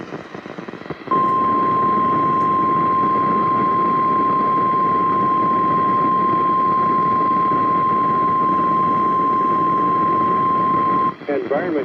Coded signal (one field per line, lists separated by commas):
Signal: Emergency Alert System (SAME) tones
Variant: 1050 Hz attention tone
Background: speech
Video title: (EAS #30 - 31) Winter Storm Warning & Rainfall Warning 3-3-19